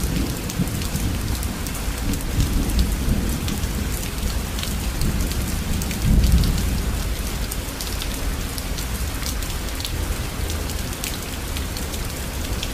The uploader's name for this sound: Thunder during the Night with rain - Bruges, Belgium